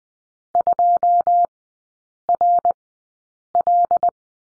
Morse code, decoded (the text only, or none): 2 R L